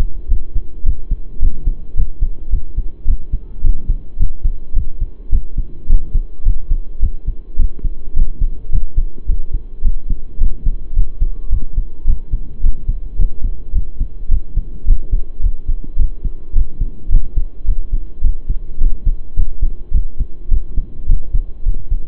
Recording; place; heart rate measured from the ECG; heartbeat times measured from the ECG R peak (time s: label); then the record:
heart sounds by stethoscope; between the tricuspid and mitral areas; 107 bpm
0.29 s: heartbeat
0.85 s: heartbeat
1.41 s: heartbeat
1.96 s: heartbeat
2.51 s: heartbeat
3.06 s: heartbeat
3.63 s: heartbeat
4.18 s: heartbeat
4.75 s: heartbeat
5.31 s: heartbeat
5.88 s: heartbeat
6.44 s: heartbeat
7.01 s: heartbeat
7.58 s: heartbeat
8.15 s: heartbeat
8.71 s: heartbeat
9.27 s: heartbeat
9.83 s: heartbeat
10.39 s: heartbeat
10.95 s: heartbeat
11.51 s: heartbeat
12.06 s: heartbeat
12.62 s: heartbeat
13.17 s: heartbeat
13.74 s: heartbeat
14.30 s: heartbeat
14.86 s: heartbeat
15.42 s: heartbeat
15.98 s: heartbeat
16.54 s: heartbeat
17.10 s: heartbeat
17.66 s: heartbeat
18.22 s: heartbeat
18.80 s: heartbeat
19.35 s: heartbeat
19.93 s: heartbeat
20.50 s: heartbeat
21.08 s: heartbeat
21.65 s: heartbeat
From the record:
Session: pedaling a stationary bicycle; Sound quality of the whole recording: saturated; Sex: male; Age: 23 years